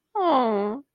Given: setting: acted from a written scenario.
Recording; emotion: vocal sound without words; sympathy